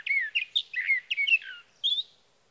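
Sage thrasher song fragment: several quick warbled, down-slurred phrases, a brief pause, then a final higher note, nothing else audible.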